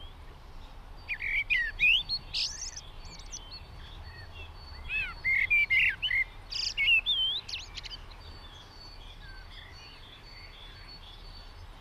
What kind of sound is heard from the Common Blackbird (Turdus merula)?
song